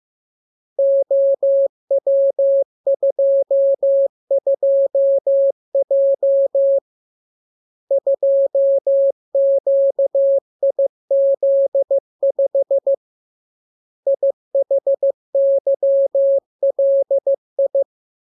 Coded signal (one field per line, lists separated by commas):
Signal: Morse code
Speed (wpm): 15 wpm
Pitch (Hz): 550 Hz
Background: none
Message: OW22J 2QIZ5 IHYLI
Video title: Learning Morse Code. Lesson 29. Letter KMURESNAPTLWI.JZ=FOY,VG5/Q92H3